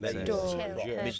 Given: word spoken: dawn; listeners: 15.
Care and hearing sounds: one English word in noise, from a listening test; four-talker babble; 0.3 dB; 0 of 15; 13 of 15; 0.79 s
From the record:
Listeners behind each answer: 13, 1, 1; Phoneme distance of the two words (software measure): 7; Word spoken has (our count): 1 syllable, 3 phonemes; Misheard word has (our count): 1 syllable, 2 phonemes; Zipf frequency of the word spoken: 4.34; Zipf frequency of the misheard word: 5.26

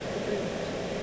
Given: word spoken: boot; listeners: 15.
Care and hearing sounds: one English word in noise, from a listening test; speech-shaped noise; -6.9 dB; 1 of 15; 6 of 15; 0.63 s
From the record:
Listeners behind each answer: 6, 4, 1, 1, 1, 1, 1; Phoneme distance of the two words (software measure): 10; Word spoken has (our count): 1 syllable, 3 phonemes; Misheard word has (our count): 1 syllable, 3 phonemes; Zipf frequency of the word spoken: 4.43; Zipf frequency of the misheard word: 4.13

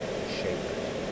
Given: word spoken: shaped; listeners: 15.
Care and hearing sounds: one English word in noise, from a listening test; speech-shaped noise; -5.8 dB; 1 of 15; 11 of 15; 0.72 s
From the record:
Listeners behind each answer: 11, 3, 1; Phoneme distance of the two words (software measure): 7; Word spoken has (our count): 1 syllable, 4 phonemes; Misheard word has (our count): 1 syllable, 3 phonemes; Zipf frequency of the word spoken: 4.30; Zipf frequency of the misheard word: 4.90

